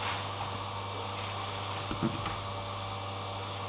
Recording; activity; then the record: daily activity, microphone in the room; vacuum cleaning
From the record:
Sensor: 1